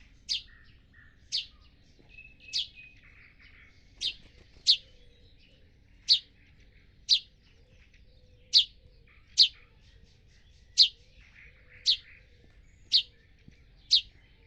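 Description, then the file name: Eurasian Tree Sparrow chirping, bright clipped notes repeated at an uneven pace, around a dozen in all. "Eurasian Tree Sparrow Passer montanus"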